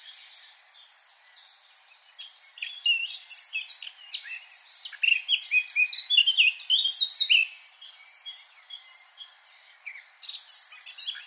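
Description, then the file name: Eurasian blackcap warbling song, a fast jumble of chirpy and whistled notes, building after a quiet start. "Sylvia atricapilla"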